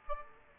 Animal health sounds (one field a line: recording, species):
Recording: mosquito wingbeat signal from an infrared sensor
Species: Aedes aegypti